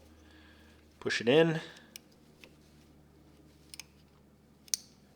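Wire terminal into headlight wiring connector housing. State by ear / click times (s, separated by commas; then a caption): seated / 4.7 s. Someone talks briefly near the start, then a crimped wire terminal is pushed into the last cavity of a plastic headlight connector housing while wiring TYC/DEPO Euro headlights on a Fiesta ST. A few faint clicks and taps follow, then a sharp little click at 4.7 s marks the terminal seating in the connector housing, meaning it is in place.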